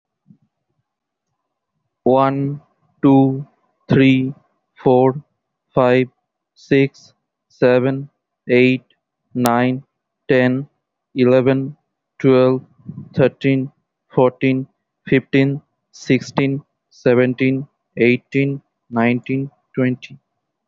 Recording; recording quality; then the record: counting at a normal pace; excellent, no background noise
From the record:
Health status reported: healthy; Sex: male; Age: 26 years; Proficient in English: yes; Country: India